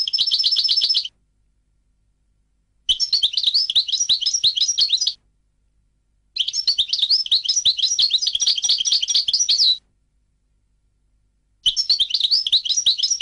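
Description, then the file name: European goldfinch song: several sustained bouts of fast, jangling twitters and trills, each a few seconds long, with brief silent gaps between them. "audio burung goldfinch"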